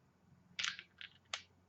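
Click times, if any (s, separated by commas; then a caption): 0.6 s, 1.3 s. The magnetic cap of a Visconti Salvador Dali fountain pen is pushed onto the pen body, where a magnet holds it shut. Two sharp clicks sound at 0.6 s and 1.3 s, with softer ticks between them; one of these two strongest hits is the cap seating, but which one is unclear. The cap seats and is held closed, a click judged quite nice.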